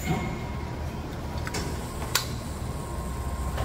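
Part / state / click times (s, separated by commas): free-wheel hub internal part into the hub body / seated / 2.2 s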